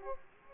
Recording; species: mosquito wingbeat signal from an infrared sensor; Aedes aegypti